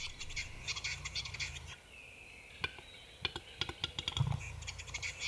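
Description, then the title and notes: Western capercaillie display: rapid clicks, a brief lull, then a burst of sharp clicks, with a low rumble at times. "Metso. Pertti Koskimies"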